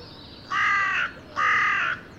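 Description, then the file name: Carrion crow: two long, harsh, level caws from a carrion crow, close together and similar in length, with little else audible. "Corvus corone"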